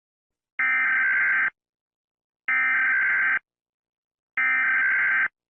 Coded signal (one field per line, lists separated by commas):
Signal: Emergency Alert System (SAME) tones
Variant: header bursts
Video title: EAS Scenario | Hurricane Kimberly |